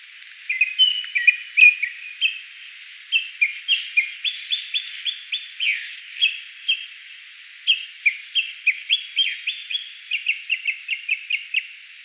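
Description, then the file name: Japanese thrush song running almost without a break: a long series of bright whistled notes, many repeated in quick runs. "Turdus cardis"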